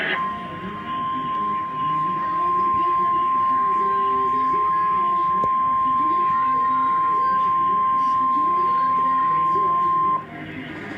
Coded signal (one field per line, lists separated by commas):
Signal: Emergency Alert System (SAME) tones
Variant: 1050 Hz attention tone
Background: speech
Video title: Severe Thunderstorm Warning EAS #57